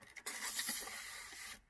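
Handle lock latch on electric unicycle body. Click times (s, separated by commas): 0.2 s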